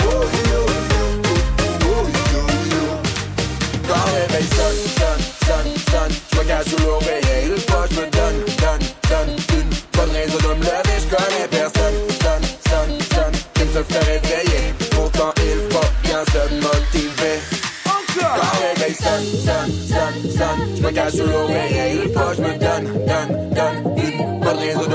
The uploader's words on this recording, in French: Voici une soirée de vendredi vraiment sympa au bowling st savin.